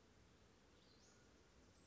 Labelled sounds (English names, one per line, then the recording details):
Western Flycatcher
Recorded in Sonoma County, California